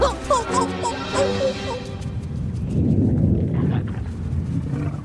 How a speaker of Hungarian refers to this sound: Remélem a gyomrot korgott. Ez egészen biztosan mennydörgés volt. Vagyis talán lendörgés.